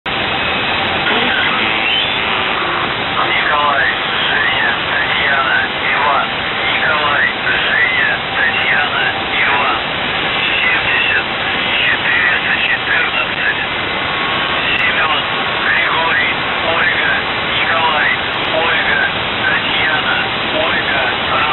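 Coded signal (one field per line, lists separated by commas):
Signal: numbers station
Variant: UVB-76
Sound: a distorted voice speaking through heavy hissing radio static, with no buzzer tones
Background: radio static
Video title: The Buzzer/UVB-76(4625Khz) May 29th, 2023 12:27UTC Voice message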